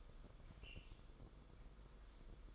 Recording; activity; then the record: daily activity, microphone in the room; sweep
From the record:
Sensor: 5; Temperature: 22.3 degrees Celsius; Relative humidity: 52.2%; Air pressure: 990.7 hPa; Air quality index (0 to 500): 163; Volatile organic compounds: 287 ppm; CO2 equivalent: 4452 ppm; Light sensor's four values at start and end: 44/134/51/55 and 44/134/51/55